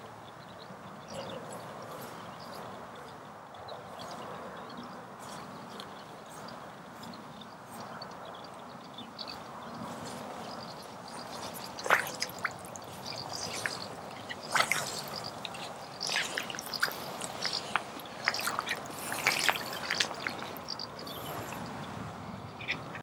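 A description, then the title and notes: Fishing on an English chalk stream: a steady low water wash, with sharp clicks and splashy knocks growing busier after twelve seconds. A day out fishing with my new Tenkara Rod on a English Chalk Stream.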